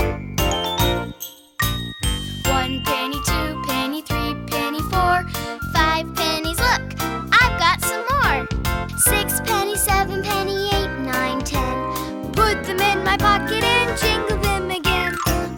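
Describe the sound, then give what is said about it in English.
Bright, continuous jingling and tinkling of coins, pennies, nickels and dimes in a pocket, rings throughout an upbeat song with sung vocals and steady rhythmic accompaniment, loud from start to finish. “Coins all together make a jingling sound.”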